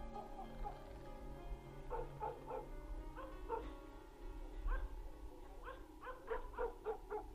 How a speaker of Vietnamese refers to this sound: Tiếng con chim cú mèo dốc lên từng hồi, tiếng mèo kêu, tiếng chó sủa gần lên từng chập, tiếng cười khành khạch, tất cả trộn lẫn vào với nhau, tạo thành cái thứ âm thanh quỷ dị.